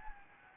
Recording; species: mosquito wingbeat signal from an infrared sensor; Anopheles gambiae